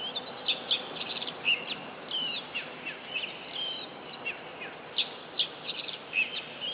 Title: Kacer Juara 1 Nasional gacor kacer juara nasional jawa timur kacer tarung betina poci gacor hitam